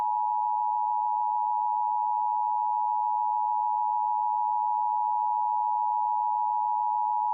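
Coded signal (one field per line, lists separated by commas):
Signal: Emergency Alert System (SAME) tones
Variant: 853 and 960 Hz attention tone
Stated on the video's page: Fictional EAS scenario, not a real alert.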